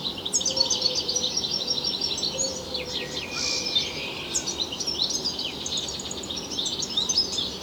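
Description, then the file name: European goldfinch song, a fast tinkling twitter of high, liquid notes and quick buzzy slurs running almost nonstop, with a faint low hum underneath. "Carduelis carduelis"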